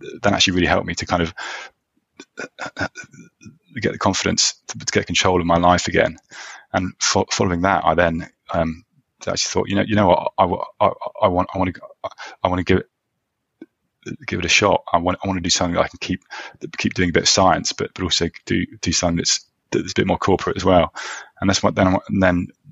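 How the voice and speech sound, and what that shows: A low-pitched adult man who stammers, with years of speech therapy behind him, speaks in bursts with frequent pauses, including one silent gap of about two seconds. Whole-word and part-word repetitions ("I want, I want, I want", "keep… keep") and prolonged sounds break the flow. These are typical stammering disfluencies.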